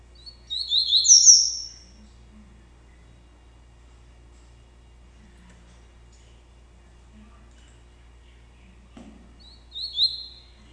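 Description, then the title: Double-collared seedeater song, one high twittering phrase with a bright whistled ending near the start, a long pause, then a brief high chirp near the end. "Canto Coleiro"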